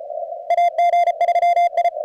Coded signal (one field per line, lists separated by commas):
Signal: Morse code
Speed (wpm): 35 wpm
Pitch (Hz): 2100 Hz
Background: radio noise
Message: AG3I